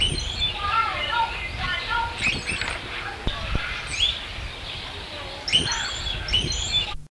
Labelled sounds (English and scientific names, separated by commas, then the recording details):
Chestnut-tailed Starling (Sturnia malabarica) call
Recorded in captivity
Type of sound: call
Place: Artis Zoo, NL
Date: 1973-09-01
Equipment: Halbspur, 9,5 cm/s
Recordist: Lütgens, Hans
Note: Rufe